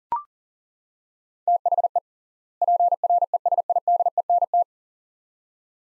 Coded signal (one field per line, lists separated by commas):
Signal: Morse code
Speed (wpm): 40 wpm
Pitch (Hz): 700 Hz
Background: none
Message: THE PRESIDENT